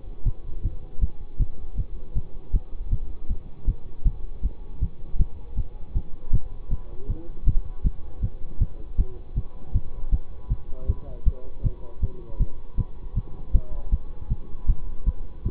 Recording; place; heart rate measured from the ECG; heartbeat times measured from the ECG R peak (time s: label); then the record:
heart sounds by stethoscope; between the tricuspid and mitral areas; 158 bpm
0.26 s: heartbeat
0.64 s: heartbeat
1.02 s: heartbeat
1.40 s: heartbeat
1.78 s: heartbeat
2.16 s: heartbeat
2.54 s: heartbeat
2.92 s: heartbeat
3.30 s: heartbeat
3.68 s: heartbeat
4.05 s: heartbeat
4.44 s: heartbeat
4.82 s: heartbeat
5.19 s: heartbeat
5.58 s: heartbeat
5.96 s: heartbeat
6.33 s: heartbeat
6.71 s: heartbeat
7.09 s: heartbeat
7.47 s: heartbeat
7.85 s: heartbeat
8.23 s: heartbeat
8.61 s: heartbeat
8.99 s: heartbeat
9.37 s: heartbeat
9.75 s: heartbeat
10.13 s: heartbeat
10.50 s: heartbeat
10.89 s: heartbeat
11.26 s: heartbeat
11.64 s: heartbeat
12.02 s: heartbeat
12.40 s: heartbeat
12.78 s: heartbeat
13.16 s: heartbeat
13.54 s: heartbeat
13.92 s: heartbeat
14.31 s: heartbeat
14.69 s: heartbeat
15.07 s: heartbeat
15.45 s: heartbeat
From the record:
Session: bicycle stress test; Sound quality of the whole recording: good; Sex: male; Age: 24 years